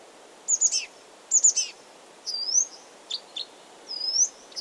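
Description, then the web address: Blyth's reed warbler song: a high chirping phrase given twice, then drawn-out rising whistles and short sharp notes. Recorded 16 June 2022. "fagelljud 20220616 busksangare"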